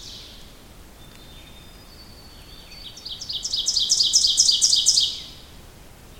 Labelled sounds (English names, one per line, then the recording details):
Ovenbird song
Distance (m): 10 m
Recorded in boreal forest in Alberta, Canada, on 2 June 2016 at 06:13
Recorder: SongMeter 3, array SBT-3-7
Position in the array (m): 49 m, 148 m
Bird 4